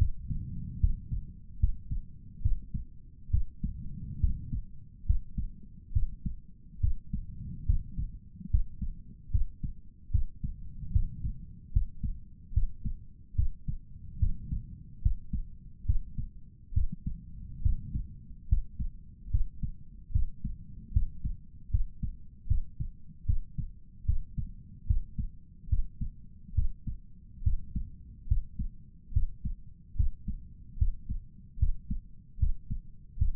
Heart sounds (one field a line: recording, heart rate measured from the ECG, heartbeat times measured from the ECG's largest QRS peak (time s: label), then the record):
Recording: heart sounds by stethoscope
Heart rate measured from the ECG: 72 bpm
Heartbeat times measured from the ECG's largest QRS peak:
0.80 s: heartbeat
1.59 s: heartbeat
2.41 s: heartbeat
3.30 s: heartbeat
4.20 s: heartbeat
5.06 s: heartbeat
5.92 s: heartbeat
6.80 s: heartbeat
7.65 s: heartbeat
8.50 s: heartbeat
9.31 s: heartbeat
10.11 s: heartbeat
10.92 s: heartbeat
11.72 s: heartbeat
12.53 s: heartbeat
13.35 s: heartbeat
14.19 s: heartbeat
15.02 s: heartbeat
15.85 s: heartbeat
16.73 s: heartbeat
17.62 s: heartbeat
18.48 s: heartbeat
19.30 s: heartbeat
20.12 s: heartbeat
20.92 s: heartbeat
21.70 s: heartbeat
22.47 s: heartbeat
23.25 s: heartbeat
24.05 s: heartbeat
24.86 s: heartbeat
25.69 s: heartbeat
26.54 s: heartbeat
27.43 s: heartbeat
28.27 s: heartbeat
29.13 s: heartbeat
29.96 s: heartbeat
30.78 s: heartbeat
31.58 s: heartbeat
32.39 s: heartbeat
33.17 s: heartbeat
From the record:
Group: healthy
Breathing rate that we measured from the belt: 18 breaths a minute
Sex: male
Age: 35 years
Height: 178 cm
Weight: 64 kg